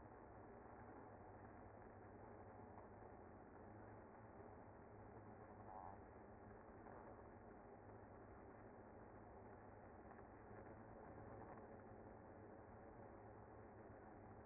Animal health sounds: honeybee colony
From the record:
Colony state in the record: active

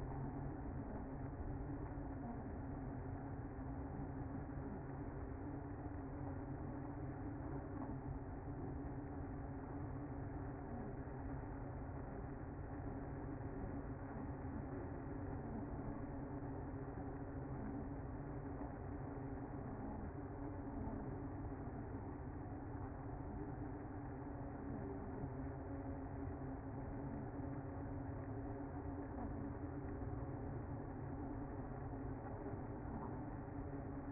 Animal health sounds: honeybee colony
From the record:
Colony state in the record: active

